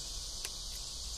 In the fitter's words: and then it pops on in make sure it clicks in there's a little tab that it rides in